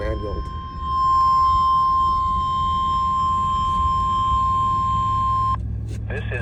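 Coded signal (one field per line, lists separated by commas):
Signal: Emergency Alert System (SAME) tones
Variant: 1050 Hz attention tone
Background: speech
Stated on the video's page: Required Weekly Test EAS tones from NOAA weather radio transmitters WXK26 (CRP) and WNG523 (EWX).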